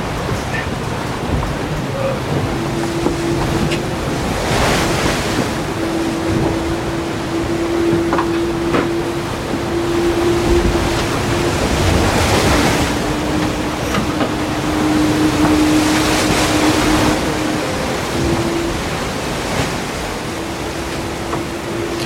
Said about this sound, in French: Vas-y, relance un peu le bateau.